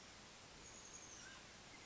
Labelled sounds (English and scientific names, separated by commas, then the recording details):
Mountain Quail (Oreortyx pictus)
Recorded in Sonoma County, California